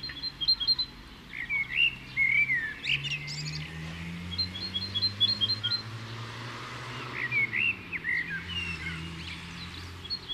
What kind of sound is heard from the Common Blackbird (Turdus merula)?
song